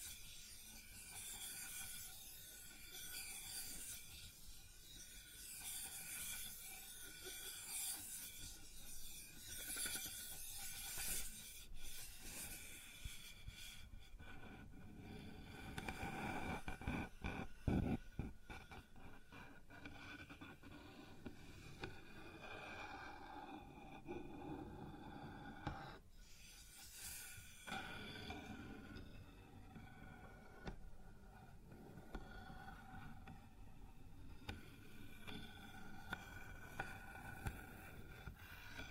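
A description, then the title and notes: Sounds on a wooden surface: steady rubbing and rasping scrapes with a low rumble, busiest around seventeen seconds, then a brighter hiss near twenty-seven. ASMR Sounds on Wooden Surface (No Talking).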